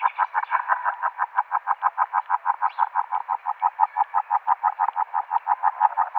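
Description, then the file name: Agile frog calling, a steady, rapid run of soft, hollow knocking notes, continuing unbroken throughout. "Rana Dalmatina"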